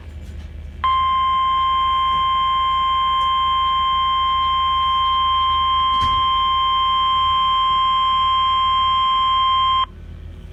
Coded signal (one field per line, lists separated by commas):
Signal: Emergency Alert System (SAME) tones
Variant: 1050 Hz attention tone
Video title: Just Some June Chaos: (EAS 69-76)